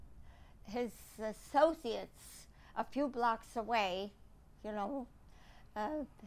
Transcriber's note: none